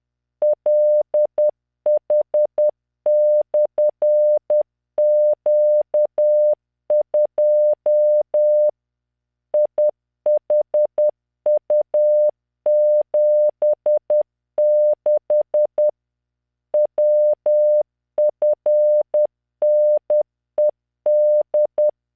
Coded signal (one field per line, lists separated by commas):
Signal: Morse code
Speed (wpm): 10 wpm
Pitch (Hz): 600 Hz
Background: none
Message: LH/Q2 IHU76 WFNED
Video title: tamanのモールス練習動画95（モールス信号 速度10WPM morse code)